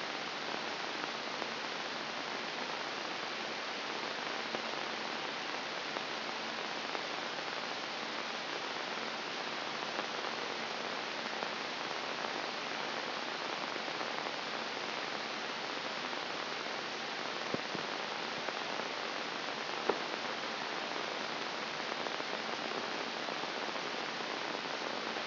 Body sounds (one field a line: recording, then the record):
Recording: brain microelectrode recording played as sound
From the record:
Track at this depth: inside the subthalamic nucleus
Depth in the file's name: 1.949 mm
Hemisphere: right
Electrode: 3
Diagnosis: Parkinson's disease